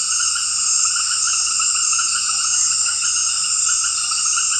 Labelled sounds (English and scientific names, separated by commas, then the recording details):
none
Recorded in dense forest near Puerto Asís, Putumayo, Colombia, on 18 February 2024 at 19:30
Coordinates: 0.484, -76.317
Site G6464